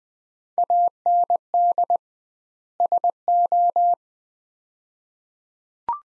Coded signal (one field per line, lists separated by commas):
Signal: Morse code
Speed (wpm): 21 wpm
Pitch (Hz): 700 Hz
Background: none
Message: AND SO